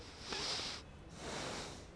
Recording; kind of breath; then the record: one breath in and out by a microphone near the nose and mouth; deep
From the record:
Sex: male